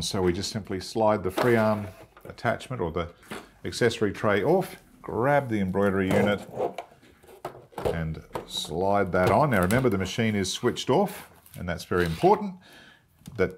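Someone talks while the free arm attachment or accessory tray is slid off a switched-off Brother NQ3700D / NV2700 sewing machine and the embroidery unit is picked up and brought to the free-arm bed to be slid on. A cluster of short knocks from handling the unit is heard between about 6.8 and 8.4 seconds. The embroidery unit has not clicked into place yet.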